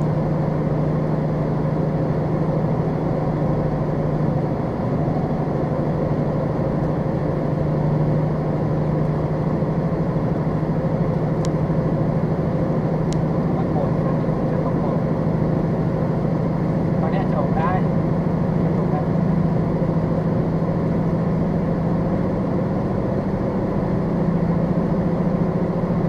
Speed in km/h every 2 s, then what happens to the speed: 89, 89, 87, 87, 89, 89, 90, 92, 92, 93, 95, 97, 98.
0-26 speeds up to 98.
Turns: none.